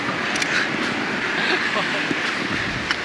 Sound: laughter

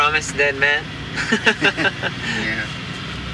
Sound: laughs

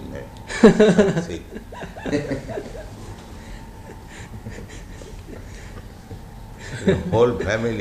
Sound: devotee laughs

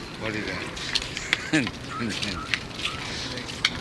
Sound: laughs

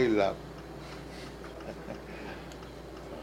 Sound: chuckles

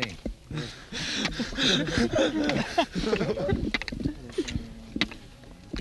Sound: laughter

